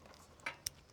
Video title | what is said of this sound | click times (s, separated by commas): Off Grid Solar Gets REAL… Wiring 48 Panels - Mistakes Were Made! | Click and it won't doesn't come apart. | 0.7 s